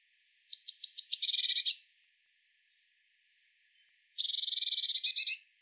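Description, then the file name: Eurasian blue tit call: five crisp high descending notes followed by a rapid buzzy churr, then after a pause a second churring rattle with louder final notes. "Cyanistes caeruleus"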